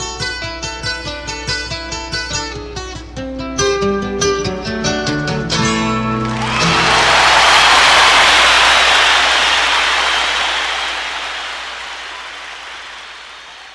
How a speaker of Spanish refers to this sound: Bueno, pues esos aplausos podían ser para ti tranquilamente, Nacho. ¿Te imaginas una audiencia así? Esta era en Bangladesh